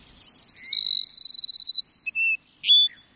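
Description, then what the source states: Cassin's sparrow song: a rapid trill, then several short clear whistled notes. A flock perched atop a mesquite bush in a South Texas grassland at sunrise, awaiting the sun's first warming rays.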